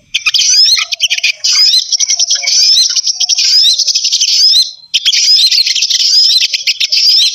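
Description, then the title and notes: Birds chattering in a dense, high twittering stream of squeaky notes and trills, with one brief pause near the end before resuming. Bird lure sounds used to attract wary birds that are hard to approach. "Suara Burung Bandel Yang Susah Mendekati. Kompilasi Suara Pikat Burung"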